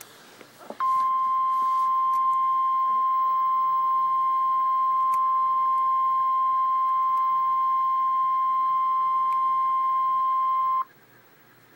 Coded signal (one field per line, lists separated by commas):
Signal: Emergency Alert System (SAME) tones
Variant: 1050 Hz attention tone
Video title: REAL EAS 820-Severe thunderstorm warning